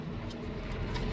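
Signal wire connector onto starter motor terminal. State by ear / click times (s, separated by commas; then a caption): not seated / none. The plastic connector on the black signal wire of a replacement starter motor on a Yaris T Sport, fitted because the car won't start, is being pushed onto the starter's terminal. Only a steady, low, rumbling background with faint brief hiss is heard, with no sharp clicks. Nothing has seated or clicked yet.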